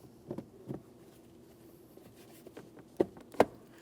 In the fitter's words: Listen for an audible click from both sides at the bottom.